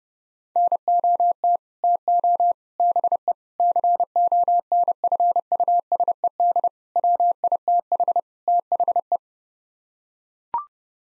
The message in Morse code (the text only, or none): NOT TO BE CONFUSED WITH THE